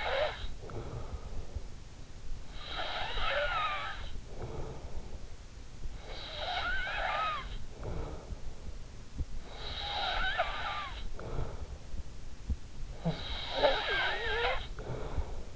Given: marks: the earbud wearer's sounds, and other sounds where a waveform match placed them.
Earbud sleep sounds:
sounds in sleep by an in-ear microphone; snoring breath
0.00-15.56 s: snoring breath

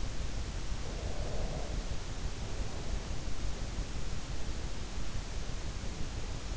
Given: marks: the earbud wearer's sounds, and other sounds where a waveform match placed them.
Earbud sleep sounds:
sounds in sleep by an in-ear microphone; breath
0.81-3.01 s: breath

